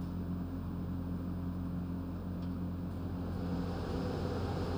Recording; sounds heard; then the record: poultry house recording; no chicken sound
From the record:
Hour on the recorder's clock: 22